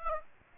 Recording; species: mosquito wingbeat signal from an infrared sensor; Aedes aegypti